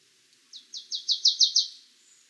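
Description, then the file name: Marsh tit: a rapid run of seven sharp, high notes that grow louder toward the end, in a quiet setting. "Poecile palustris"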